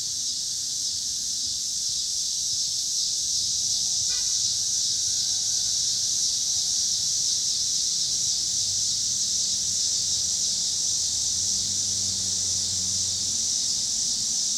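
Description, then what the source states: Cicadas buzzing continuously at high pitch while cars pass with low engine rumble and a brief squeal or horn note near four seconds. Pittsburgh, Pennsylvania; 26 August 2023; recorded alongside car traffic.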